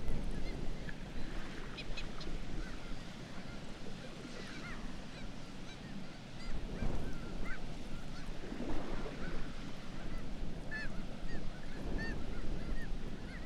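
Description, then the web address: Black-legged kittiwake calls: scattered nasal cries from a group of birds rise above heavy low-pitched roaring. "sound Black-legged-kittiwake. صدای-پرنده-کاکایی-پاسیاه"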